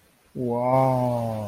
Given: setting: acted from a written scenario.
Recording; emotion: vocal sound without words; awe